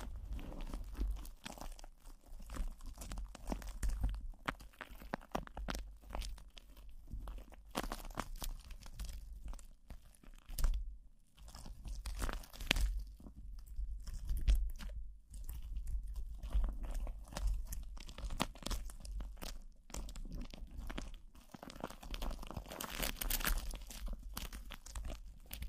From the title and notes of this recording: PLASTIC WRAP ON THE MIC (EXTRA TINGLY).